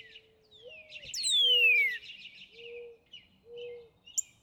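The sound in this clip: Northern cardinal whistle: one long note slurring down from high to middle pitch, over busy bird chatter and several low, soft coos.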